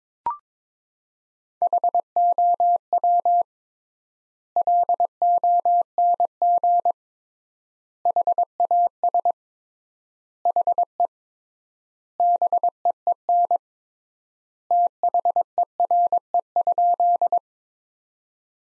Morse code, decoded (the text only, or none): HOW LONG HAS HE BEEN THERE?